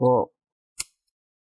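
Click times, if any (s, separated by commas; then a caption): 0.8 s. Someone talks briefly as a guitar pick is twisted between the plastic top case and bottom cover of an HP Omen Gaming 15 DC1004 laptop. A single sharp click at 0.8 s is heard as a plastic snap clip of the bottom cover releases from the top case and pops loose.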